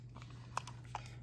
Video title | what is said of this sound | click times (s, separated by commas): DIY: Change a Lock-Box Combination | this lever this little lever over and up are you going to feel it lock into place | 0.6 s